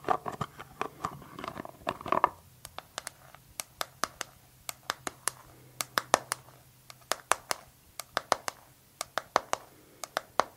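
Sharp little clicks and taps from a glass dropper bottle and its lid come in quick, uneven bursts throughout. The first two seconds also carry a busier rattling and scraping layer, then the sharp ticks continue on their own over a faint low hum.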